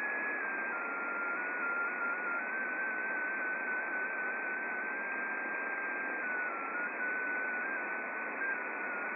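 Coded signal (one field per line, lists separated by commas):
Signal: multi-tone FSK (Olivia or MFSK type)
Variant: XPA2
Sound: a single warbling tone stepping slowly between a few close pitches, over steady hiss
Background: radio static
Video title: XPA2 Spy Station 13538KHZ (Data) transmission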